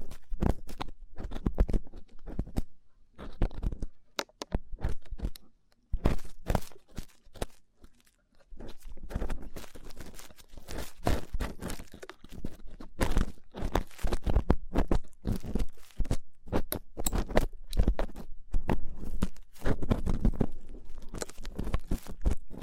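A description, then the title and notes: Rough ear cleaning produces a dense run of scratchy, crackling rubs and crunches, coming in quick irregular bursts with brief silent gaps throughout. The scraping sounds are gritty and bright, each stroke starting and stopping abruptly, with a low rumble under the louder strokes. ASMR Rough Ear Cleaning (No Talking).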